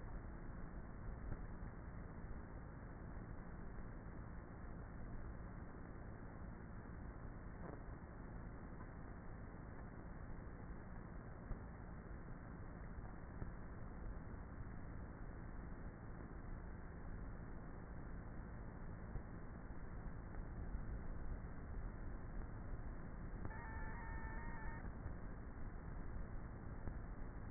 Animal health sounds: honeybee colony, microphone inside the hive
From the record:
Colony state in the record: queenless with a low population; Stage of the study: before two queens were removed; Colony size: about 30,000 bees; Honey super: no

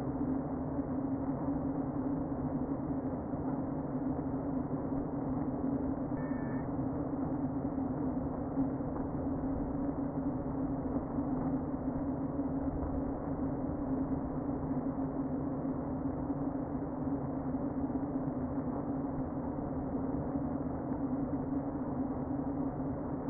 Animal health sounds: honeybee colony, microphone inside the hive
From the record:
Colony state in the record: queen present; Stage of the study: before two queens were removed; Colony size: about 60,000 bees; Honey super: yes

